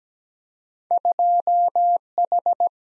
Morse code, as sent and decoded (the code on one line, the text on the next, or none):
..--- ....
2H